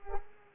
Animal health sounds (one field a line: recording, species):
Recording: mosquito wingbeat signal from an infrared sensor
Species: Culex pipiens